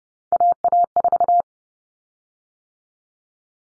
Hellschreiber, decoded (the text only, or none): none